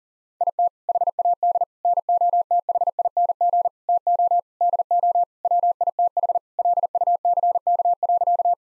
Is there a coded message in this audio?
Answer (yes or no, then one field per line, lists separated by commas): yes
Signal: Morse code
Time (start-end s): 0.4-8.5 s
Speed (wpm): 37 wpm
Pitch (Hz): 700 Hz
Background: none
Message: IT HAD NOTHING TO DO WITH LUCK.